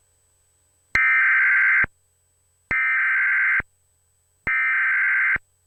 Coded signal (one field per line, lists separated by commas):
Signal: Emergency Alert System (SAME) tones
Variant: header bursts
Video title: (EAS SCENARIO) Zombies Destroy the World